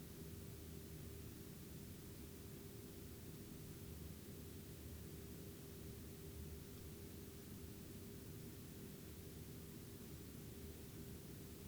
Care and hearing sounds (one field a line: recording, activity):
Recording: daily activity, guitar pickup as the sensor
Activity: lie down